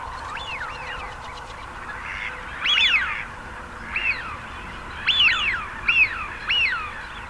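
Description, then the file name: Eurasian wigeon whistles, a run of soft wheeoo notes followed by louder piercing whistles, spaced irregularly. Male. "sviyaz golos samca"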